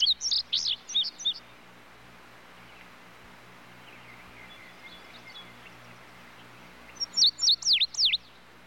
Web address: bird tudigo tudigo other birds in bg